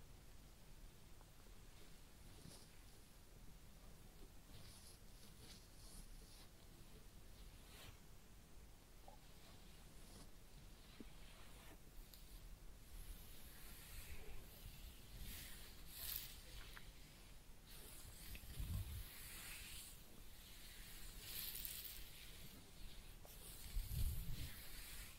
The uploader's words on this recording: ASMR Real Head Massage and Ear Cleaning (No Talking).